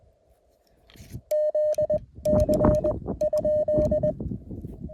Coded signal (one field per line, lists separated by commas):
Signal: Morse code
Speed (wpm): 20 wpm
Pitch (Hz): 590 Hz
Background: none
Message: ZC?